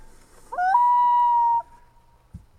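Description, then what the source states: Loon call: a pure, steady wail, briefly rising at the start, holding one pitch for about a second, then fading, followed by a soft thump. Played in a listener bird quiz.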